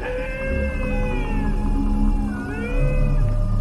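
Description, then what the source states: Dingo howls, drawn-out tones sliding gently down, then another howl rising near the end, over low rumbling background. Dingoes on Fraser Island, a large sand island with lush tropical nature in north-eastern Australia.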